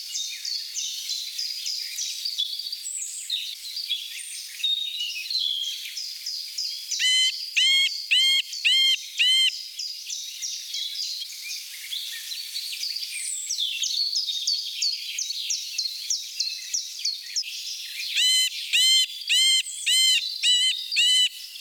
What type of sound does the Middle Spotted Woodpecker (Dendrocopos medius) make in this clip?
song